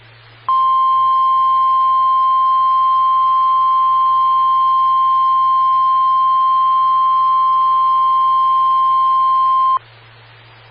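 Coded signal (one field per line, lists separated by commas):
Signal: Emergency Alert System (SAME) tones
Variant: 1050 Hz attention tone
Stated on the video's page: Morse ident of a SKYWARN repeater on 147.255 MHz.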